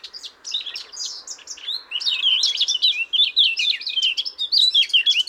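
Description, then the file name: Eurasian blackcap song, a fast stream of scratchy notes running into clearer whistled warbles. "Sylvia atricapilla"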